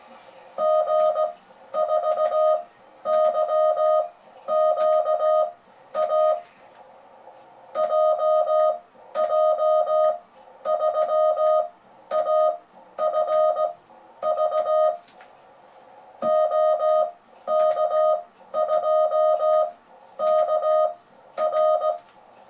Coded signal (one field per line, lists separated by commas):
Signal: Morse code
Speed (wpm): 17 wpm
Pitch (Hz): 620 Hz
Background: music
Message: G4YQA JJ3AFV OK2KR